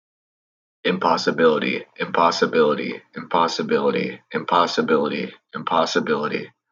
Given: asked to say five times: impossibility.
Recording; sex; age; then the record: repeated word; male; 20 to 29 years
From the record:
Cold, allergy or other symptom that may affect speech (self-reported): no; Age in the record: 25 years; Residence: Kentucky, United States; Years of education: 12